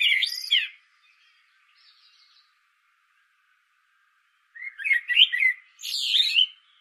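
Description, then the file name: Common blackbird song: a burst of high, scratchy twittering, a long pause, then two more squeaky, chattering phrases near the end. "Turdus merula"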